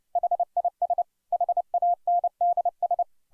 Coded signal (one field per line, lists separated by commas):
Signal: Morse code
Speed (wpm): 29 wpm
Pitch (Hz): 700 Hz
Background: none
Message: HIS HANDS